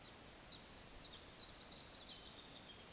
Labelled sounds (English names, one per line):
Eurasian Woodcock whistle